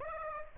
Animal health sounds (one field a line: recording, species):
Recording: mosquito wingbeat signal from an infrared sensor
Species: Aedes aegypti